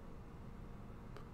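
The blue plastic printhead latch on an Afinia L901 label printer is closed. A short, quiet click sounds at 1.2 s over a steady low background hum, and the latch is seated shut.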